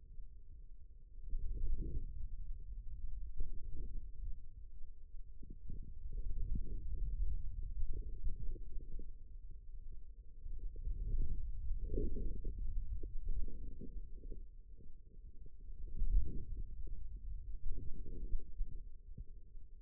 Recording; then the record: forearm muscle sounds (acoustic myography)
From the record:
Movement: hand closing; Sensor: system 2, bracelet of six BSWA MPA416 microphones around the upper forearm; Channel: 3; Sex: male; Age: 22 years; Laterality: right